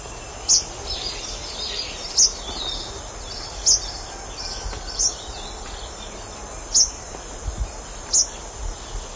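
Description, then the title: Bird repeating short, piercing high notes roughly every one and a half seconds, with faint quieter chirps in between and constant low hiss. "LuckyPassaro Completos2Sama"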